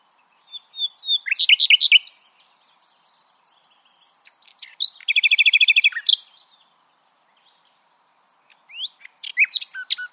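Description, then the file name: Common nightingale song: loud chattering phrases separated by pauses, including a fast rattling trill in the middle. "Luscinia megarhynchos"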